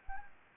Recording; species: mosquito wingbeat signal from an infrared sensor; Anopheles gambiae